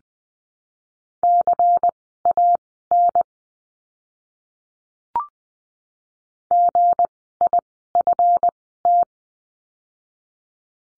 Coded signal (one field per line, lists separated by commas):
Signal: Morse code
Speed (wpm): 20 wpm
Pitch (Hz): 700 Hz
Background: none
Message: CAN GIFT